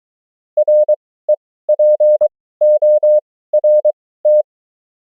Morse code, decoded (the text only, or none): REPORT